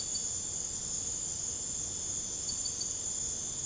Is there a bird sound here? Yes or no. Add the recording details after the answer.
no. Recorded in secondary vegetation near Puerto Asís, Putumayo, Colombia, on 26 December 2024 at 00:00. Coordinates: 0.489, -76.322. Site G059